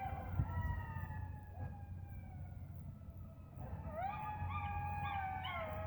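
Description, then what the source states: Jackals howling: long wavering wails fade, then a fresh burst of quavering cries rises above a constant low hum. More than one jackal.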